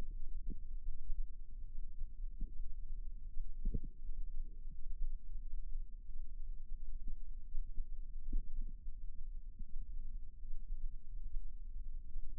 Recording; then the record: forearm muscle sounds (acoustic myography)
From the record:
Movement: rest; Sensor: system 2, bracelet of six BSWA MPA416 microphones around the upper forearm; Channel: 4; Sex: female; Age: 23 years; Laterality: right